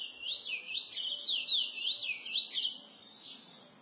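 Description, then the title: Chestnut-bellied seed finch giving a melodious, wavering whistle, looping smoothly up and down in rapid undulations before tailing off into quiet. "Canto De Curio"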